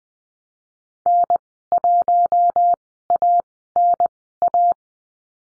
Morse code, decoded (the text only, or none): N1ANA